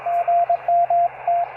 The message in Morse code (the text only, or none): GM T